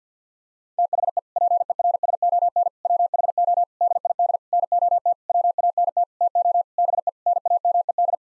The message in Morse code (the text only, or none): THE PERSON WHO DID NOT WANT TO BE NAMED